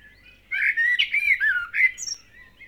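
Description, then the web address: Bird singing a continuous, fluid warble of whistled and slurred notes, dipping and rising, closing with a brief thin high note. Dawn chorus of birds. "KMP Film Video Sound Effects - Vogels - Ochtendkoor"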